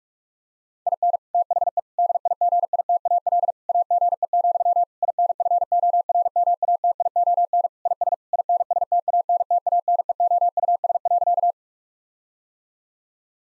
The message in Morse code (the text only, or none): IN THE DIGITAL AGE, INFORMATION IS INSTANTANEOUS.